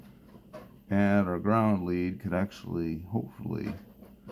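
A repaired, crimped ground wire pin of a LiPo balance lead is handled near its plastic connector housing while someone talks over faint background noise. Nothing has seated or clicked into the housing yet.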